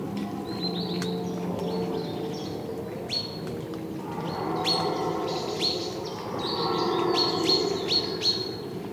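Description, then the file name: Great tit calls: short, sharp high notes with quick downward strokes, given in loose bursts over a steady low hum. "Parus major"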